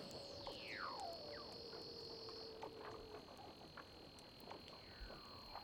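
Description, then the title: Weddell seal underwater calls: a steep falling sweep, long steady whistled tones at two pitches, and scattered faint chirps over a crackling background. "Douglas Quin - Weddell Seals (Underwater)"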